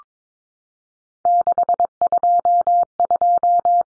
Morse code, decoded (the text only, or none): 622